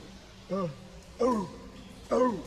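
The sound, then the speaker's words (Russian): A dog barks three times, each bark a short, mid-pitched yelp that drops in pitch, spaced about a second apart over a low steady background rumble. “Собака. Пионеры, собака.”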